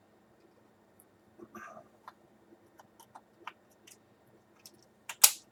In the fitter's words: Pops right in there pretty easily.